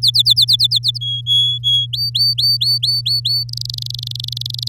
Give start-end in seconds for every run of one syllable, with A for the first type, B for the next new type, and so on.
0.02-0.98 A, 1.01-1.86 B, 1.93-3.44 C, 3.49-4.68 D